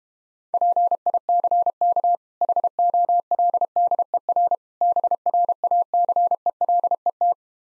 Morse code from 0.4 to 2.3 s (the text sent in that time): PICK